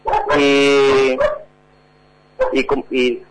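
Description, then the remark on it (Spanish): A dog lets out a long, drawn-out bark that nearly becomes a howl, then after a short pause fires off a quick burst of three or four loud, sharp barks. “habla tranquilo, no te preocupes por el perro, tranquilo.”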